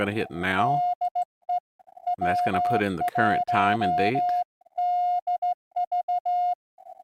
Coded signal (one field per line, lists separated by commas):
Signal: Morse code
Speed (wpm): 16 wpm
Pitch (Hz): 710 Hz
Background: speech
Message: DE W1DV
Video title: SKCC Sprint 4-12-2026